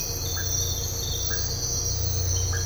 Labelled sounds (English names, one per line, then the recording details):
none
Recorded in dense forest near Puerto Asís, Putumayo, Colombia, on 13 March 2025 at 05:30
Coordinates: 0.468, -76.322
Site GP01